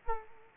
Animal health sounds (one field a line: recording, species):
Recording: mosquito wingbeat signal from an infrared sensor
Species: Culex quinquefasciatus